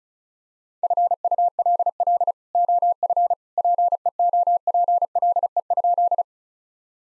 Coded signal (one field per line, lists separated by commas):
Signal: Morse code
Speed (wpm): 36 wpm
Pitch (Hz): 700 Hz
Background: none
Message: FULL OF PEOPLE?